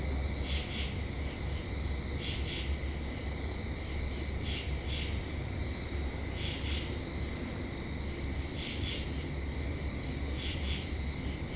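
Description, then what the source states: Crickets trilling in a steady high-pitched chorus, with pulsing insect bursts about every two seconds over a constant low rumble. Night chorus in October, with cicadas also calling.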